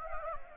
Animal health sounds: mosquito wingbeat signal from an infrared sensor; Anopheles gambiae

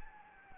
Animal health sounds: mosquito wingbeat signal from an infrared sensor; Anopheles gambiae

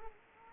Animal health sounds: mosquito wingbeat signal from an infrared sensor; Anopheles arabiensis

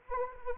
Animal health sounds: mosquito wingbeat signal from an infrared sensor; Anopheles arabiensis

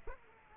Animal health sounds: mosquito wingbeat signal from an infrared sensor; Aedes aegypti

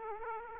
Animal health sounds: mosquito wingbeat signal from an infrared sensor; Aedes aegypti

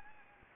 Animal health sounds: mosquito wingbeat signal from an infrared sensor; Anopheles gambiae

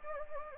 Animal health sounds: mosquito wingbeat signal from an infrared sensor; Anopheles gambiae

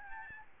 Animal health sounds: mosquito wingbeat signal from an infrared sensor; Aedes albopictus

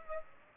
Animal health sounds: mosquito wingbeat signal from an infrared sensor; Aedes aegypti

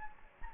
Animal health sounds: mosquito wingbeat signal from an infrared sensor; Anopheles gambiae

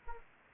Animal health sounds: mosquito wingbeat signal from an infrared sensor; Anopheles arabiensis

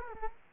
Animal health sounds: mosquito wingbeat signal from an infrared sensor; Culex quinquefasciatus

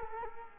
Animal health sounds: mosquito wingbeat signal from an infrared sensor; Culex quinquefasciatus

